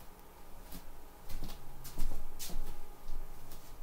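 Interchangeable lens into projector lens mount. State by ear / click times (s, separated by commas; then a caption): not seated / none. An interchangeable lens for a Christie LX380 (Sanyo XT21) projector is held and handled to show its red alignment dot before it is lined up with the projector's lens mount. Soft handling rustles and light knocks are heard, with a brief tap at about 3.5 s. The lens has not yet been pushed or twisted in, and nothing has seated or clicked yet.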